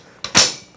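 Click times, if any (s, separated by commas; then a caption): 0.2 s. A long support truss on the back side of a collapsible ceiling-access frame unit is pressed down with a firm push on its center push plate. It snaps into place with a sharp click at 0.2 s, followed by a louder, ringing hit around 0.3–0.4 s that fades out. The truss is seated in the frame.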